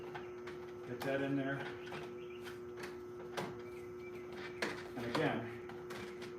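A pegged cover piece is being handled and pushed down so its pegs go under the retaining fins, during an oil change on a Lamborghini. Someone talks while a few brief knocks and taps are heard over a steady hum. Nothing has seated or clicked yet.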